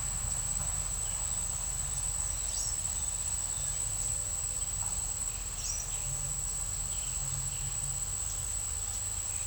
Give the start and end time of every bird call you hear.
2.40s-2.97s: bird call (2.9-6.9 kHz)
5.41s-6.08s: bird call (3.4-6.9 kHz)

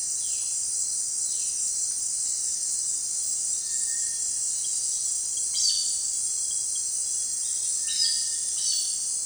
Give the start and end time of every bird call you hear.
0.14s-1.75s: bird call (1.7-4.3 kHz)
3.59s-4.33s: bird call (1.3-2.4 kHz)
5.52s-5.97s: bird call (2.0-6.3 kHz)
7.77s-9.04s: bird call (1.0-6.3 kHz)

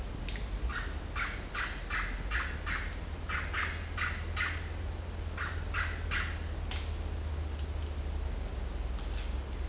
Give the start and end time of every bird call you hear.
0.33s-6.47s: bird call (0.8-6.4 kHz)

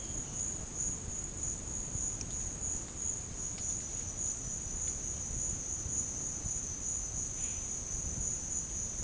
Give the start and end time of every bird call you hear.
7.32s-7.68s: bird call (1.2-4.8 kHz)

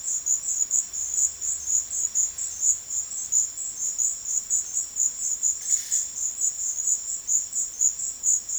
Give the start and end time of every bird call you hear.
5.61s-6.09s: bird call (1.0-5.8 kHz)

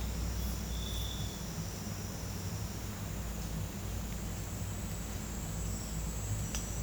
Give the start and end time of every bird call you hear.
0.64s-1.45s: bird call (2.9-4.5 kHz)

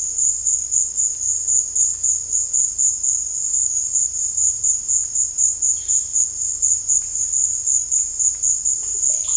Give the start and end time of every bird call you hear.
5.69s-6.06s: bird call (1.0-4.8 kHz)

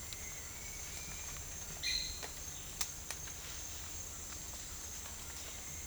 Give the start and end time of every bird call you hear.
1.80s-2.42s: bird call (1.5-4.8 kHz)

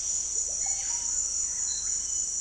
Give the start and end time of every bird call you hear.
0.28s-1.90s: bird call (0.2-3.2 kHz)

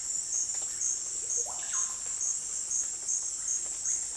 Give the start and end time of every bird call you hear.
1.33s-1.94s: bird call (0.5-3.5 kHz)

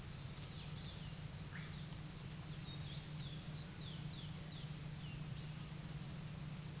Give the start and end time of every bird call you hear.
1.46s-5.60s: bird call (2.4-5.8 kHz)

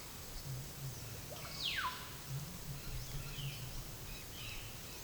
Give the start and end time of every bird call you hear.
0.86s-1.99s: bird call (0.4-5.5 kHz)
2.74s-5.03s: bird call (0.9-7.0 kHz)

